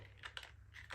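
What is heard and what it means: A plastic ball hemisphere cover on a Dyson DC40 MK2 Multi Floor Ball vacuum cleaner is turned over the HEPA filter onto the ball housing, with soft scraping and rattling sounds throughout. A sharp click at 0.4 s marks the locking mechanism engaging, showing the hemisphere is fully and securely fitted.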